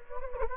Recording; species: mosquito wingbeat signal from an infrared sensor; Anopheles gambiae